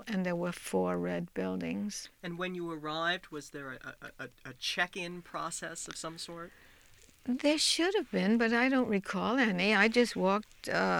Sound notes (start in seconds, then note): none